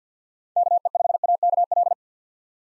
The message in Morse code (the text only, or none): KE5AKL